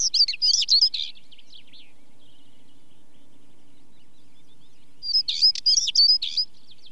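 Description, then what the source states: Stonechat song: two short scratchy, twittering phrases high in pitch, a few seconds apart, with faint thin notes in the gap between them. British bird.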